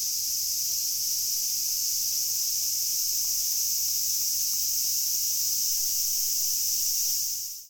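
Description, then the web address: Cicada buzzing, an even high-pitched sizzle sustained throughout before cutting off at the end. Recorded 2 August 2021. "fukudai. cicada 20210802"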